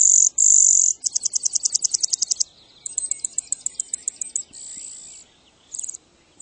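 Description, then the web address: Brewer's sparrow singing a varied high series: a buzz, a rapid trill, a slower rattling trill, then further buzzy notes broken by short pauses. "birdweb sounds brsp"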